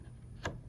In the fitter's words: Once you put in your blade, push down on the lever in front of it until it snaps.